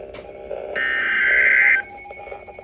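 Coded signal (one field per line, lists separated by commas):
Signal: Emergency Alert System (SAME) tones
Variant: header bursts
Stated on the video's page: Weather radio station in Columbus, Ohio.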